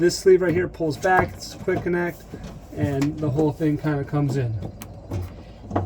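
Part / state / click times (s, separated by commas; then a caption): gas hose quick-connect coupling into stove gas inlet / seated / 5.8 s. A gas hose quick-connect coupling is pulled back by its sleeve, lined up and pushed into the gas inlet of a camper stove while someone talks. A sharp click at 5.8 s marks the fitting clipping down and locking into place.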